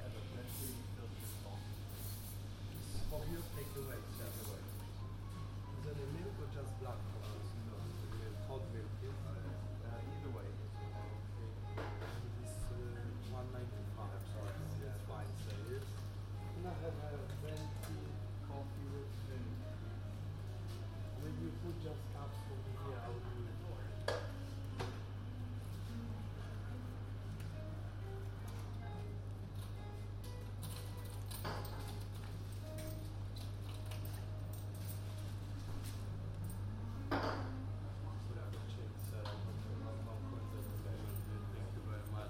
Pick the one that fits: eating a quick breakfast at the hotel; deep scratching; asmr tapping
eating a quick breakfast at the hotel